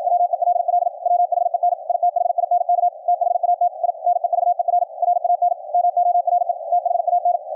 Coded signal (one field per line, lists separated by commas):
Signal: Morse code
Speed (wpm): 53 wpm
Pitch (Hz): 710 Hz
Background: radio noise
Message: WELL WHEN I THINK THAT I NEVER RAN MORE THAN